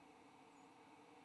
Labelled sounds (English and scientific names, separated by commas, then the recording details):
White-throated Sparrow (Zonotrichia albicollis) flight call
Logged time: 10:57 on 29 November 2014